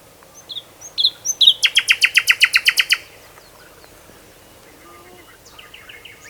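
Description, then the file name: Common nightingale song phrase: a few thin whistles, then a fast loud run of many sharp repeated notes, followed by quieter notes. "Luscinia megarhynchos"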